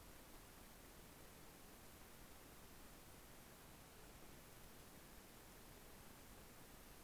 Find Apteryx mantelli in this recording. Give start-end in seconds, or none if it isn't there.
none